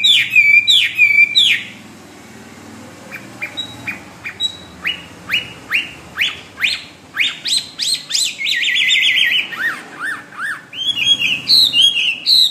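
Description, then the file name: Hwamei song: loud looping whistles, then a long series of sharp, evenly repeated chip notes, followed by quick varied phrases. "omkicau hwamey"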